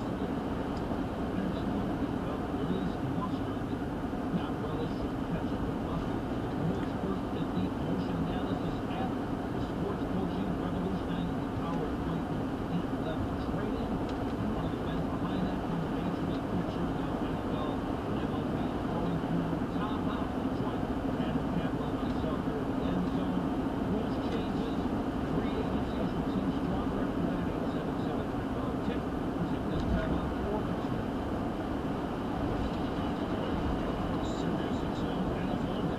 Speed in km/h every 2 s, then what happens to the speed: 90, 89, 89, 89, 89, 89, 89, 89, 89, 89, 89, 89, 89, 90, 90, 90, 89, 89.
0-36 steady at about 89.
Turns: none.